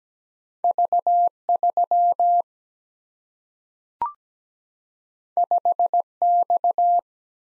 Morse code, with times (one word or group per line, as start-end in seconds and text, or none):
0.6-1.3 V
1.5-2.4 3
5.4-6.0 5
6.2-7.0 X